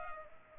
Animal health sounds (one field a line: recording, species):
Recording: mosquito wingbeat signal from an infrared sensor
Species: Culex pipiens